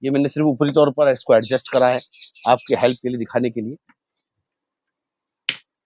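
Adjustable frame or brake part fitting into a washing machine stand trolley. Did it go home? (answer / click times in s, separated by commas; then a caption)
yes / 5.5 s. Someone talks for the first few seconds while adjusting and fitting an adjustable appliance-stand trolley for a washing machine, with its brake parts. After a pause, an adjustable frame or brake part is pushed into place and gives one sharp click at 5.5 s, showing that the part has seated.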